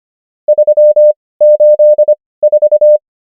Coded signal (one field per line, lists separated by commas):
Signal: Morse code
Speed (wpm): 25 wpm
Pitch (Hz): 600 Hz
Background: none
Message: 384